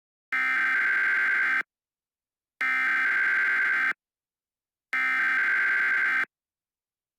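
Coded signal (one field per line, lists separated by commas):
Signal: Emergency Alert System (SAME) tones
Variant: header bursts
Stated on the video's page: Fictional zombie EAS scenario with loud, scary tones; not a real alert.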